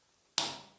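A CTS valve cartridge with its o-ring is pushed by hand into a mountain bike rear shock body on a Formula Mod shock. After near silence, one sharp click sounds at 0.4 s and decays over about half a second. The cartridge clicks home and is seated.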